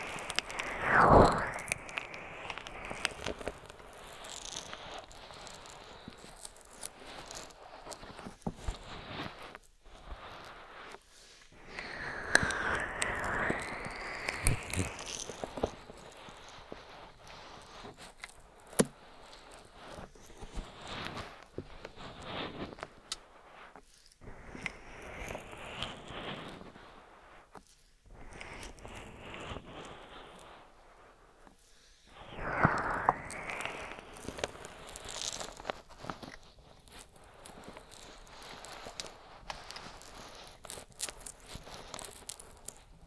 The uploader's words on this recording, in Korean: ASMR 3dio 귀마사지 오일+맨손 ear massage.